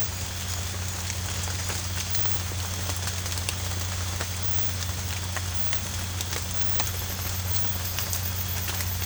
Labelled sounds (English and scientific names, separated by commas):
none